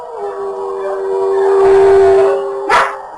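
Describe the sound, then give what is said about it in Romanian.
Wolves howling in a forest at night: one long, steady, mid-pitched howl holds for nearly three seconds, swelling in the middle, then breaks off into a short, sharp yelp at the end. “Lupi! Sunt urlete de lupi!”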